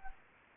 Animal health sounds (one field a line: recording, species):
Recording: mosquito wingbeat signal from an infrared sensor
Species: Anopheles gambiae